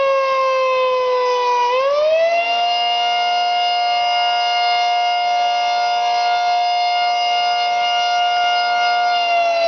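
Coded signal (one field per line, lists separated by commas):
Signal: siren signal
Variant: Federal Signal 3T22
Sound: loud outdoor siren tone with rich harmonics, pitch climbing briefly then holding steady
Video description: This 10-minute siren test was a special request by city officials, and was conducted during a normally scheduled county wide siren test.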